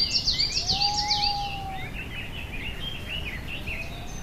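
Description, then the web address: White-bellied green pigeon giving a long, level whistled note, drawn out for over a second, while other birds chirp busily in high-pitched bursts above it. "izumino saunndo aobato"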